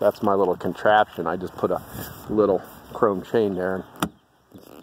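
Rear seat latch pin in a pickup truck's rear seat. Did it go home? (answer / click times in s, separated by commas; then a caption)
released / 4.0 s. Someone talks while pulling up on a small chrome chain attached to the silver latch pin of a 2018 F150 pickup truck's rear seat. The latch releases with a sharp pop at 4.0 s and the seat latch pops open, followed by quiet.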